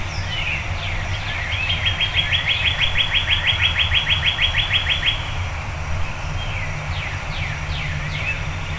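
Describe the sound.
Birds singing before dawn: quick swooping chirps, then a long fast trill of identical notes, then more sliding whistles, all over a low steady rumble.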